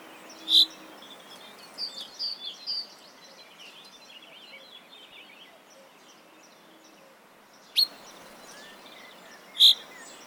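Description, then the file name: Common chaffinch calls: a few isolated sharp high notes with long gaps, plus a brief cluster of fainter chirps early on, over steady background hiss. "Fringilla coelebs"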